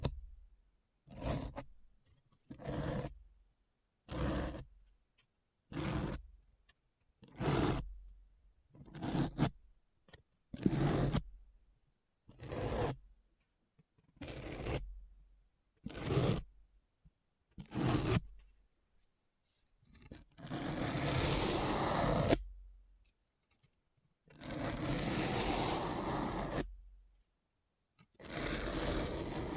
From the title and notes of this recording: ASMR Deep Brain Scratch (No Talking).